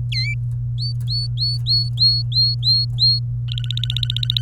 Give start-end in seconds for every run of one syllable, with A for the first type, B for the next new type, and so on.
0.12-0.34 A, 0.78-3.19 B, 3.48-4.41 C